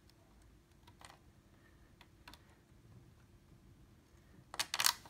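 A SODIMM RAM module is inserted gold edge first at a 45-degree angle into the memory slot of an HP all-in-one PC's motherboard and then pushed down. Soft, faint handling taps come first, then a burst of sharp clicks near the end as the side retaining clips snap over it. It seats with the loudest click at 4.9 s.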